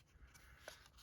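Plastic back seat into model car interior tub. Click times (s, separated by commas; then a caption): 0.7 s. A plastic back seat from an AMT 2021 Dodge Charger R/T scale model kit is pushed into the slits of the interior tub. Over a quiet background of faint handling noise, one short, sharp click sounds at 0.7 s as the seat pops into place and seats.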